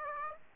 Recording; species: mosquito wingbeat signal from an infrared sensor; Aedes aegypti